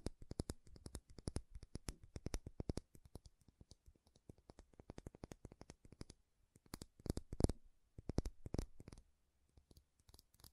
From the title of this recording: MAKEUP TAPPING & SCRATCHING